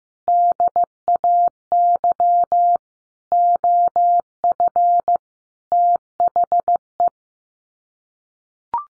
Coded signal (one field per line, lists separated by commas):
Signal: Morse code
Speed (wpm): 15 wpm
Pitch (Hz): 700 Hz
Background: none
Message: DAY OF THE